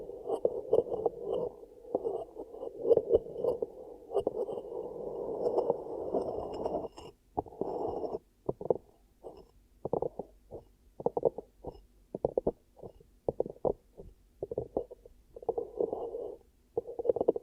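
Ear cupping sounds: muffled, hollow rubbing and whooshing in a low-mid range. For the first seven seconds the cupping is nearly continuous and dense, then it breaks into short, uneven pats and presses with brief silences between them, swelling again near the end.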